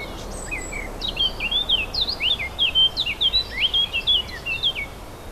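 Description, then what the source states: Warbler song: rapid, scratchy warble of short rising and falling whistled notes, fast and irregular, continuing through most over a steady hiss. Recorded 4 May 2011 with an MZ-N710 recorder.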